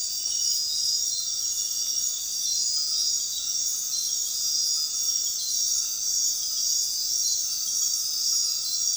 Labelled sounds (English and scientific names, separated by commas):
none